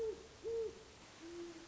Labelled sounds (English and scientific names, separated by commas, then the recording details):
Great Horned Owl (Bubo virginianus)
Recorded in Sonoma County, California